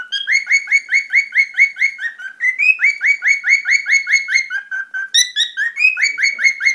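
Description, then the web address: Cockatiel calling, a steady string of quick rising chirps with a few higher, squeakier notes among them. "korella"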